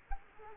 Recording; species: mosquito wingbeat signal from an infrared sensor; Culex quinquefasciatus